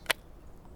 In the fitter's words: And it's a nice solid click and then it's in there.